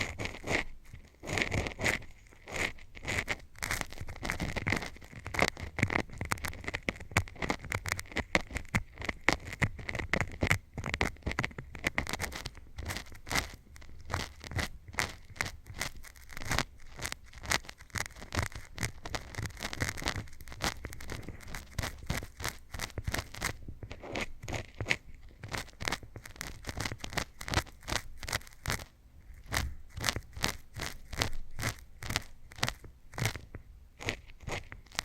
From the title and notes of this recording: Scratching & Tapping Triggers. (NO TALKING).